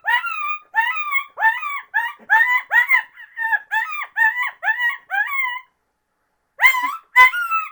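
Coyote yipping in a fast series of wavering, nasal yelps, a short pause, then a few sharper closing yelps.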